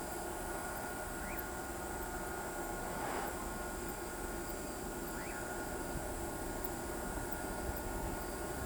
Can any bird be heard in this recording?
no